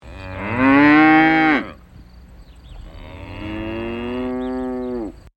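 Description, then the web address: Cow mooing twice: a loud moo that rises and falls, then after a pause a longer, softer moo. Two cows in a duet. "SFXSource AOS Cow Duet"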